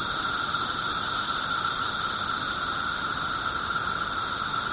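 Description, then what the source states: Periodical cicadas keep up a loud, seamless high-pitched chorus, a steady shrill drone that never pauses. 17-year periodical cicadas recorded 18 June 2007 at 1:00 pm.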